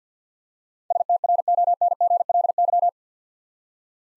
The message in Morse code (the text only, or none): STRONGLY